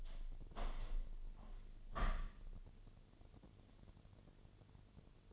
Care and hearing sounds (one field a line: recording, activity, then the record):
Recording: daily activity, microphone in the room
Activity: open window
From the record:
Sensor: 4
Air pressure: 1007.1 hPa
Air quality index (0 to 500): 182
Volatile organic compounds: 5 ppm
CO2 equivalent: 1806 ppm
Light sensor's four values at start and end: 23/73/28/27 and 23/73/28/27